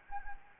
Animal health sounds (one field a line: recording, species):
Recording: mosquito wingbeat signal from an infrared sensor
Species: Anopheles gambiae